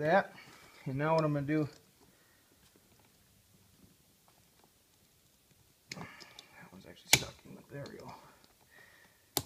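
During an outboard engine rebuild, a stuck retaining clip is pushed down into its seat on an engine part with pliers or a screwdriver while someone talks. Handling and scraping noises with a few sharp taps follow, then a sharp click at 9.4 s as the clip snaps into place and is seated.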